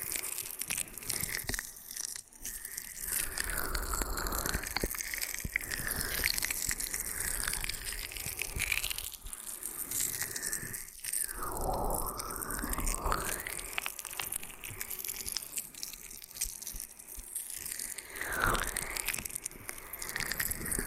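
Ear and scalp massage with steady crackling, rubbing and scratchy crunching, plus sweeping whooshes that rise and fall around 4, 12 and 18 seconds.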